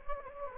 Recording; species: mosquito wingbeat signal from an infrared sensor; Anopheles gambiae